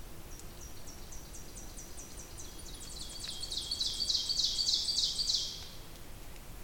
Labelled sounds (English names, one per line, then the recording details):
Ovenbird song
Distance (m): 25 m
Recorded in boreal forest in Alberta, Canada, on 2 June 2016 at 07:01
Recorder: SongMeter 3, array SBT-3-7
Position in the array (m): 215 m, 171 m
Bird 8